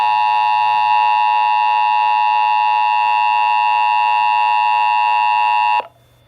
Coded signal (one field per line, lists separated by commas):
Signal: Emergency Alert System (SAME) tones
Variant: 853 and 960 Hz attention tone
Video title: NOAA Radio (EAS # 292) Local Area Emergency!